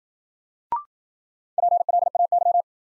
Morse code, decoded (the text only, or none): PLAY